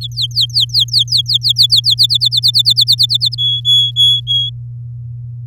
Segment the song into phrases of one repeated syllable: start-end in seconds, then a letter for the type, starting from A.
0.01-1.95 A, 1.98-3.35 B, 3.38-4.50 C